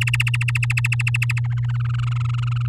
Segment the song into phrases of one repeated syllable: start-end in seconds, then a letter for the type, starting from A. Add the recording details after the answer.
0.01-1.40 A, 1.44-2.67 B. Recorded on 9 May 2018 at 12:54. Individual llb16